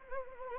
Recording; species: mosquito wingbeat signal from an infrared sensor; Anopheles arabiensis